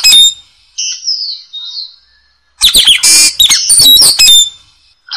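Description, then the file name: Lory giving a drawn-out whistled phrase, then loud, harsh screeching squawks mixed with sharp chirps. "nuri tanau omkicau"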